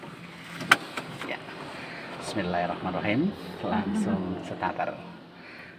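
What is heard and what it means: A learner driver pushes the metal seat belt tongue into the car's seat belt buckle, and it seats with a sharp, loud click at 0.7 s, followed by a couple of softer knocks. Someone talks over low background noise through the rest of the clip.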